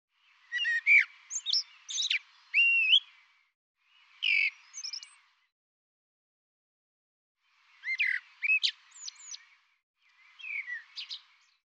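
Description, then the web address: Bird song in bursts of rapid, varied chirps and whistled notes, high and sharp. Four phrases separated by complete silences, with nothing else heard. "cianscape birddata Deverinetal 2025 Bird Tu Me Tu Me"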